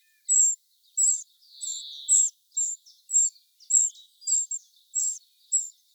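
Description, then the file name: Eurasian wren calls: short high chips repeated about every half second to second, with a lower buzzy note early on. "Troglodytes troglodytes"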